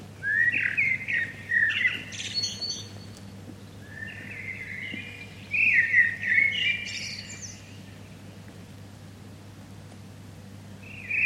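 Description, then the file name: Common blackbird song: warbled whistled phrases ending in thin high squeaky twitters, separated by pauses, over a constant low hum. "Turdus merula"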